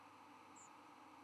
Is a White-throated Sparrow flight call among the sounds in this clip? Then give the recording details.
no. Another species' flight call is heard. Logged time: 07:10 on 11 November 2014